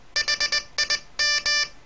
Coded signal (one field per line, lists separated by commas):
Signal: Morse code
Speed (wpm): 20 wpm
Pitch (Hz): 1750 Hz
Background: none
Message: HIM